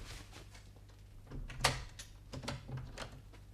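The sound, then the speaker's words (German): A woman opens a door: soft clicks and rattles of the handle lead to one sharp, bright clack, then a few lighter knocks, all over a steady low hum with no voices. “während sie zur Tür tritt und öffnet, schlüpfe ich hinter einen Vorhang.”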